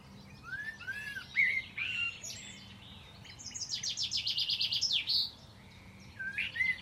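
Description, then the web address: Bird song with looping whistles leading into a rapid high trill of repeated notes, then a final slurred whistle over a background hiss. "Deverinetal. Bird Only"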